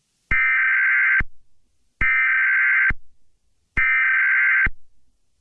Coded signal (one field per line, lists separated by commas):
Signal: Emergency Alert System (SAME) tones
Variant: header bursts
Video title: SCP-966: Don't Sleep (Viewer Requested EAS Scenario)